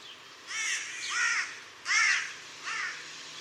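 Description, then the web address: Bird giving hoarse, cawing calls, four arched rasping notes spaced roughly every half second to second, over a steady low hum. "cianscape. Deverinetal. Bird Only"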